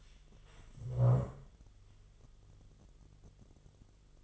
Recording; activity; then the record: daily activity, microphone in the room; stand up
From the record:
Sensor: 4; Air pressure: 1005.9 hPa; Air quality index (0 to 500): 105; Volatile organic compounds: 2 ppm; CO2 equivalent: 1308 ppm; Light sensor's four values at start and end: 13/29/11/10 and 13/29/11/10